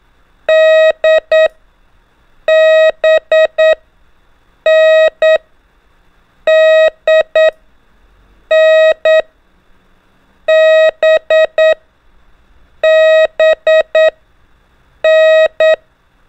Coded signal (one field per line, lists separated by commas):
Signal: Morse code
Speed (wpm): 9 wpm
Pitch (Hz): 630 Hz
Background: none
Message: D B N D N B B N